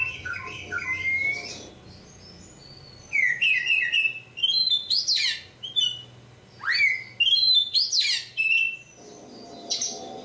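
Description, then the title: Oriental magpie-robin song of varied whistled notes, sharp upward sweeps and quick chattering phrases, delivered in irregular bursts over a faint low hum. Competition kacer poci, national champion; singing gacor, 'nembak' and 'ngerol' styles; seven kinds of kacer sound every three minutes. "Kacer Poci Gacor Nembak Dan Ngerol Juara Nasional. 7 macam suara kacer setiap 3 menit"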